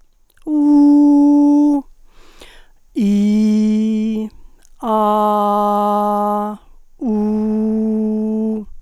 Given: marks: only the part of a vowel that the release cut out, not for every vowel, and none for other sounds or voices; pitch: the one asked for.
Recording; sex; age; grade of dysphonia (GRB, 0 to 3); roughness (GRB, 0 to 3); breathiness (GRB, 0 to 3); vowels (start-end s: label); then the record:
sustained vowels; female; 50 to 59 years; 0; 0; 0
0.60-1.70 s: vowel /u/, high pitch
3.08-4.17 s: vowel /i/, low pitch
5.41-6.36 s: vowel /a/, low pitch
7.13-8.48 s: vowel /u/, low pitch
From the record:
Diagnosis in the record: hyperfunctional dysphonia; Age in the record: 56 years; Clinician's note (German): Ponogen